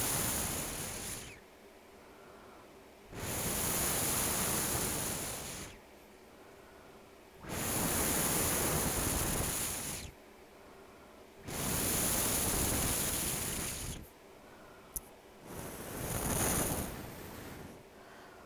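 Breaths of air are blown straight into a microphone in long rushing bursts, each lasting about two to three seconds, with short quiet gaps between. The gusts are loud, close and full, roaring from low rumble up to a bright hiss, with a faint steady hum in the pauses.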